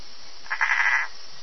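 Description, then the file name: Tree frog giving a single pulsed, slightly grating call of about half a second against a quiet background. "Bokermannohyla hylax"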